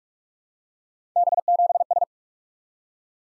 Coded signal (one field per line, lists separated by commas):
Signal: Morse code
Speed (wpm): 44 wpm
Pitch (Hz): 700 Hz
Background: none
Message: B7S